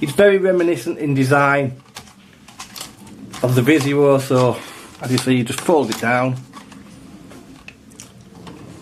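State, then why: Seated. The plastic arm of an SG900-S GPS FPV 720p folding drone is folded down and swung back out while someone talks, with small clicks and knocks of handling after the speech. The arm snaps into its locked position at 8.0 s, held by small interference catches in the drone body rather than switches or buttons.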